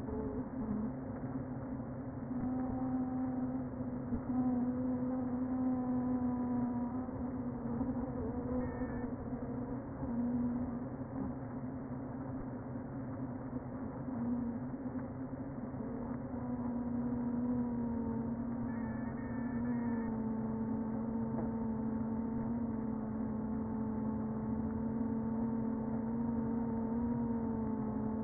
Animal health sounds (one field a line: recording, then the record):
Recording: honeybee colony, microphone inside the hive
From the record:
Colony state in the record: queen present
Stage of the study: before two queens were removed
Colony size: about 60,000 bees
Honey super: yes